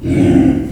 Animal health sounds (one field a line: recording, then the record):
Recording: squeal of a Yucatan mini pig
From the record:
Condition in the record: after surgery on the right vocal fold (resection and tissue-engineered implant)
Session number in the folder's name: 1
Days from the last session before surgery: 13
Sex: female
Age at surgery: 19 weeks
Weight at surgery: 25 kg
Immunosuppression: prednisolone